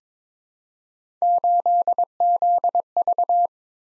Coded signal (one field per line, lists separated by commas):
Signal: Morse code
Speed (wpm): 22 wpm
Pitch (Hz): 700 Hz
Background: none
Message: 8ZV